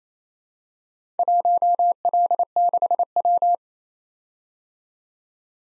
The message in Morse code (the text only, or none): 1L6W